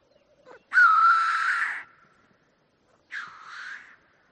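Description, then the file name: Black grouse uttering two harsh, wheezy hisses, the first long and loud, the second shorter and softer, separated by a second of silence. "audio hero Bird Black Grouse"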